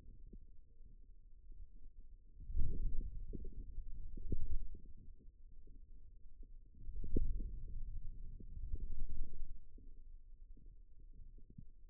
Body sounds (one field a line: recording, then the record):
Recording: forearm muscle sounds (acoustic myography)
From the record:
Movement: wrist extension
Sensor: system 2, bracelet of six BSWA MPA416 microphones around the upper forearm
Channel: 1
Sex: male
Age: 22 years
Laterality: right